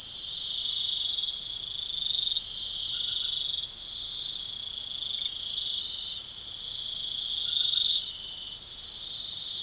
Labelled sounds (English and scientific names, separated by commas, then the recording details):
none
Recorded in pastures near Puerto Asís, Putumayo, Colombia, on 4 March 2025 at 00:00
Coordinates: 0.487, -76.322
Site G077